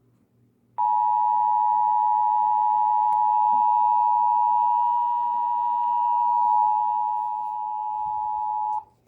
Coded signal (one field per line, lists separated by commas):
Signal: Emergency Alert System (SAME) tones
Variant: 853 and 960 Hz attention tone